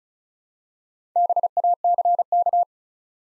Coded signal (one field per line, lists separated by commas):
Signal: Morse code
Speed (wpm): 36 wpm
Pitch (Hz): 700 Hz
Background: none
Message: BACK